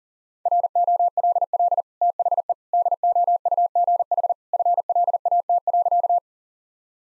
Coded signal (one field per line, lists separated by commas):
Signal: Morse code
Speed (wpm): 40 wpm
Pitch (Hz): 700 Hz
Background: none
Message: ROLL THE DOUGH FLAT.